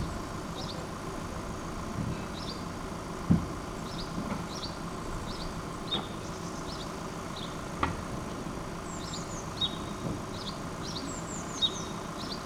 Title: Rue Keyenveld, Ixelles, Bruxelles-Capitale, Belgique - Sparrows - moineaux